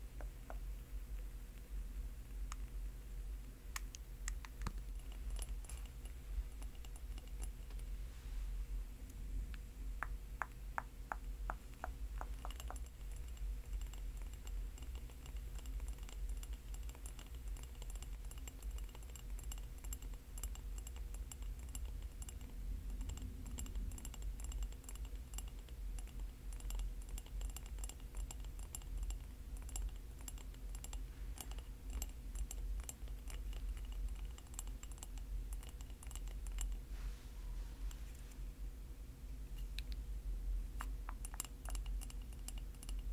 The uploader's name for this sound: tapping, scratching, liquid sounds